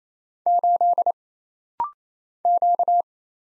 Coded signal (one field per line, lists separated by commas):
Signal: Morse code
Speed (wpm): 28 wpm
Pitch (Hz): 700 Hz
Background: none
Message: 8 Q